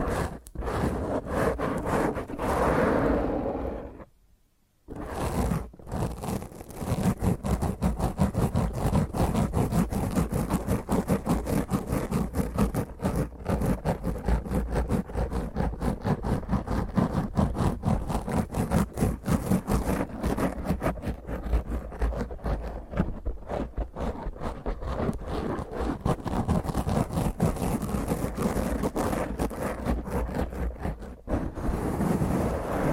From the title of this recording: Intense Rough Mic Scratch using HandNails